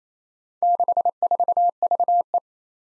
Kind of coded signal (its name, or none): Morse code